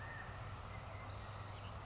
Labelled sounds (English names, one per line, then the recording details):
California Quail
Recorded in Sonoma County, California